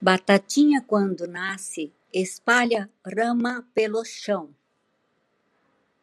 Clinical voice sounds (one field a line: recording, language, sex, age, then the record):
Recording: short text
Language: Brazilian Portuguese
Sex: female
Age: 70 to 79 years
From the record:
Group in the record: control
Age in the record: 75 years